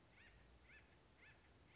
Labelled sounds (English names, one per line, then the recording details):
Acorn Woodpecker
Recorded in Sonoma County, California